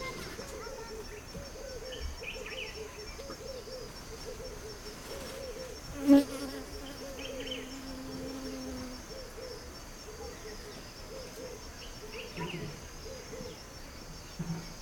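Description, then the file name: Owl giving one long, low, steady hoot over a constant chorus of short repeated arched chirps and faint insect buzzing. In a field near a village in Putti, Uganda, with crickets. "owls field village distant voices kids Putti Uganda"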